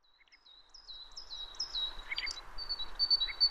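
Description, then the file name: Great tit giving a series of high, thin notes, some sliding downward, growing louder, with background noise throughout. "Parus major"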